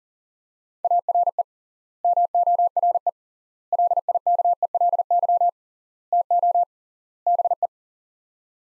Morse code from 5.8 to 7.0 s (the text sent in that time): TO